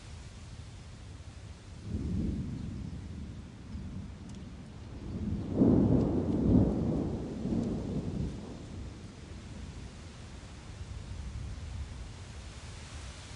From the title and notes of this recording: Thunderous Delight: Podcast of Rolling Thunderstorms. Thunderstorm white noise, ambient storm noise, soothing storm sounds, rolling thunderstorm.